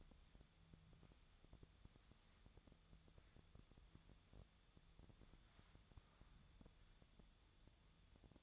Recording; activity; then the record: daily activity, microphone in the room; wipe stove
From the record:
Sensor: 3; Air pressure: 1004.8 hPa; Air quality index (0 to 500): 78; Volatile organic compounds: 2 ppm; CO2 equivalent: 1178 ppm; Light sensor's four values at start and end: 8/19/7/7 and 8/19/7/7